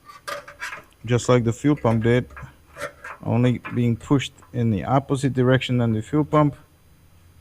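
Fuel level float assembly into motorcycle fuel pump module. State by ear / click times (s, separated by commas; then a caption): not seated / none. A fuel level float assembly is being handled to push it into the fuel pump module of a Harley-Davidson Dyna EFI motorcycle, in the opposite direction to the fuel pump, while someone talks throughout. Brief faint knocks come at about 0.5 s and 0.9 s. Nothing has seated or clicked in yet by the end of the clip.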